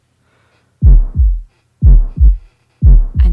This one is a stenosis murmur. Really hear the kind of shushing sound that shows that that valve is not properly closing.